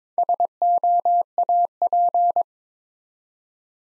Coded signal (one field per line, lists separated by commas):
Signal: Morse code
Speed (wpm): 22 wpm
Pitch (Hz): 700 Hz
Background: none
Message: SOAP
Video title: Easy Words - Speed-Racing with Hints - 17wpm